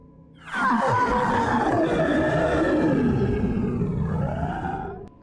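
A demon shrieks horribly after a burning talisman is thrown at it through a classroom window, a loud, harsh shriek that holds for nearly five seconds, a growling roar whose pitch slides downward before lifting briefly near the end, with no voices.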